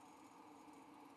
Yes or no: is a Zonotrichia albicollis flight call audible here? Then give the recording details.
no. No flight call is heard. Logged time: 01:32 on 5 December 2014